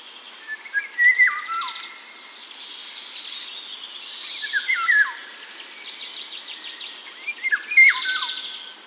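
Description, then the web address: Eurasian golden oriole song: three fluting whistled phrases that swoop and drop in pitch, a few seconds apart, with high chirping and twittering from other birds throughout. Recorded at Sjöbacken on 14 June 2008. "sjobacken ljud oriole 080614"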